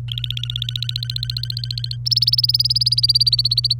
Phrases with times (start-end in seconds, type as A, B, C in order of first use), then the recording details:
0.08-1.97 A, 2.06-3.73 B. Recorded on 27 April 2018 at 09:18. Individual llb3